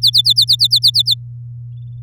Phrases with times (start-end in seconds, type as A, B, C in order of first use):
0.00-1.14 A